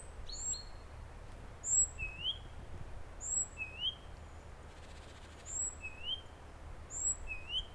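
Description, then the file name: Great tit calls: a short rising note paired with a very high thin whistle, the pair repeated several times over a low steady background hum. "Parus major"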